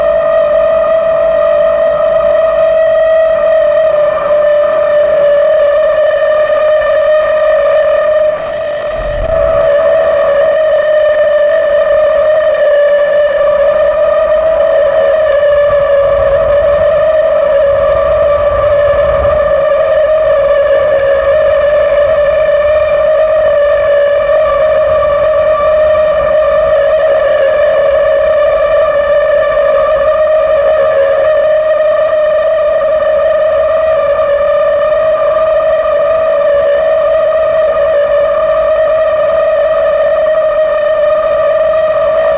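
A railroad switch gas-jet flute holds one steady, slightly wavering tone with a stack of bright overtones, sounding for the whole stretch without a break. Around nine seconds a short low thump cuts in briefly, and a faint rumble sits underneath throughout.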